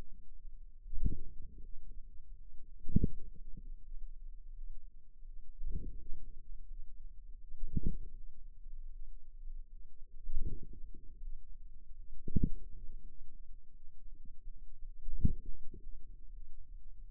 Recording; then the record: forearm muscle sounds (acoustic myography)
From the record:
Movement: inward rotation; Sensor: system 2, bracelet of six BSWA MPA416 microphones around the upper forearm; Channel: 2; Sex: female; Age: 23 years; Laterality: right